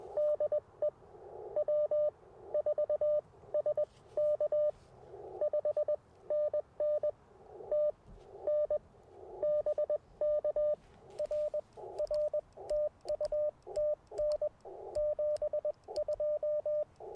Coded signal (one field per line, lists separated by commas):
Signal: Morse code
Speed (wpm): 21 wpm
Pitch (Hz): 600 Hz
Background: radio noise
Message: DE W4SK 5NN TN BK R R TU TN 72